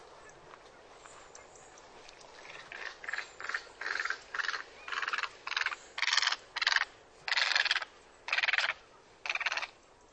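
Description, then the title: Bird song made of harsh, rasping notes, about a dozen in a row, growing louder and slightly longer as the phrase goes on. "LuckyPassaro Completos2Sama"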